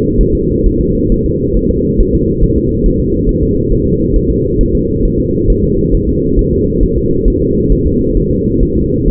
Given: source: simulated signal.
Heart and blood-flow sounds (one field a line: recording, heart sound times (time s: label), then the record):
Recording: fetal heart sounds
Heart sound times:
0.21 s: S1
0.35 s: S2
0.66 s: S1
0.81 s: S2
1.12 s: S1
1.26 s: S2
1.57 s: S1
1.71 s: S2
2.00 s: S1
2.15 s: S2
2.44 s: S1
2.58 s: S2
2.86 s: S1
3.00 s: S2
3.29 s: S1
3.43 s: S2
3.72 s: S1
3.87 s: S2
4.16 s: S1
4.31 s: S2
4.61 s: S1
4.75 s: S2
5.05 s: S1
5.20 s: S2
5.50 s: S1
5.64 s: S2
5.95 s: S1
6.09 s: S2
6.39 s: S1
6.53 s: S2
6.83 s: S1
6.98 s: S2
7.28 s: S1
7.42 s: S2
7.72 s: S1
7.87 s: S2
8.17 s: S1
8.31 s: S2
8.63 s: S1
8.77 s: S2
9.08 s: S1
From the record:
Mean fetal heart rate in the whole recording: 135 bpm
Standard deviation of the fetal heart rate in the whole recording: 3 bpm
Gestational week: 36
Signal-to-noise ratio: -14.7 dB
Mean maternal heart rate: 72 bpm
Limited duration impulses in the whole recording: present